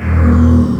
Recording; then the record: squeal of a Yucatan mini pig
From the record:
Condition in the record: after surgery on the right vocal fold (resection and tissue-engineered implant); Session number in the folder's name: 16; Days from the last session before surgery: 183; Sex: female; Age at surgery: 19 weeks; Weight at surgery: 25 kg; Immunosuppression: prednisolone